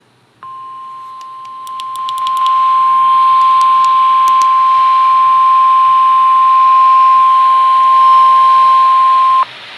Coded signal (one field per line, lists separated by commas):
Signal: Emergency Alert System (SAME) tones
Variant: 1050 Hz attention tone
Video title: FAILED KHB32 Required Weekly Test - EAS #1,584